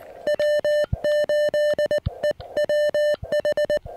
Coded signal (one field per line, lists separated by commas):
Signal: Morse code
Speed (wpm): 19 wpm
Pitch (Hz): 590 Hz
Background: music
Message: W8EWH